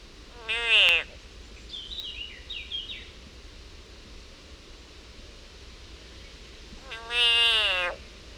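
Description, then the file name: Frog screaming twice, about six seconds apart, each cry harsh and wavering; faint high chirping notes sound between the two screams. Frog in agony. "Yannick Dauby agony of a frog"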